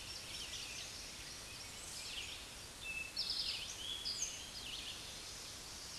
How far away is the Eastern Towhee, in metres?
about 50 m